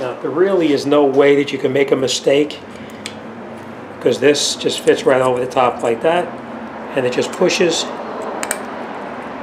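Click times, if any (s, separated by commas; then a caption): 8.4 s, 8.5 s. A metal brake pad abutment clip for a 2003 Honda Accord is fitted over the top of the caliper bracket and pushed in by hand while someone talks. It snaps into place with two sharp clicks at 8.4 and 8.5 seconds, fully seated.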